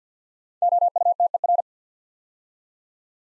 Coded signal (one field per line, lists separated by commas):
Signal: Morse code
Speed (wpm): 48 wpm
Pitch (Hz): 700 Hz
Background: none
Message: OUTER